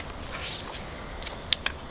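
A plastic grille held by clips in an appliance housing is unclipped, since it is simply clipped on. Over a faint, steady background, two sharp clicks ring out at 1.5 s and 1.7 s as the grille clips pop open. The grille is released and can now come off.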